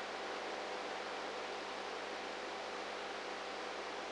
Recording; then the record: brain microelectrode recording played as sound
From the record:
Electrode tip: inside the subthalamic nucleus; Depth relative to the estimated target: -2 mm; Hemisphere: right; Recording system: NeuroSet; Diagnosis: Parkinson's disease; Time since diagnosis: 19 years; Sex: female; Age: 58 years